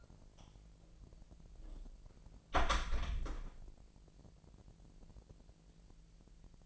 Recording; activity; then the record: daily activity, microphone in the room; close door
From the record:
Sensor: 5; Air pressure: 1001.4 hPa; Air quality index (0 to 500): 248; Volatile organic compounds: 34 ppm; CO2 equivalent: 3048 ppm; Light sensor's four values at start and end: 37/86/35/33 and 37/86/35/33